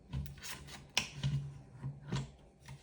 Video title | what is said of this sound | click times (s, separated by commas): Staples Arc Discbound Punch Review - Is It Worth Your Money? | if you see on the top it locks in place when it's not in use so if you unlock it | 1.0 s